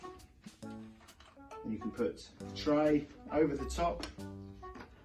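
A wooden food tray is placed over the top of a Safetots Putaway folding wooden high chair and handled onto its arms while someone talks, with soft music in the background. Brief handling knocks are heard at about 0.6 s and 1.2 s, but nothing has seated or clicked into position yet.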